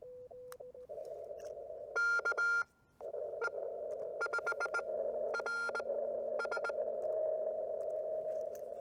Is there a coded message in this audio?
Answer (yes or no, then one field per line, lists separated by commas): yes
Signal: Morse code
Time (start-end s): 2.0-6.7 s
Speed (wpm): 20 wpm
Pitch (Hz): 1400 Hz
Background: radio noise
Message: KE5RS